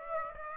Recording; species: mosquito wingbeat signal from an infrared sensor; Aedes aegypti